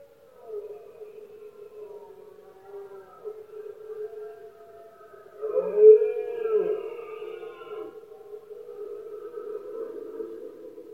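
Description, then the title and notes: Red deer roaring, with one louder, harsher bellow peaking midway and softer groaning before and after. Male red deer roaring during the rut (berrea or brama del ciervo), at night in Spain; one of the country's most imposing nature spectacles, best heard at night when surroundings are quiet. "Paisaje sonoro: Berrea #04. La época de celo del ciervo se conoce comúnmente como “berrea del ciervo” o “brama del ciervo”. los poderosos bramidos de los ciervos machos"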